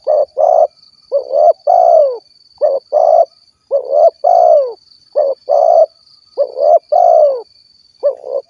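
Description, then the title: Spotted dove giving soft paired coos, a brief note then a drawn-out falling one, in quick succession, over a thin constant high-pitched hum. "Tekukur"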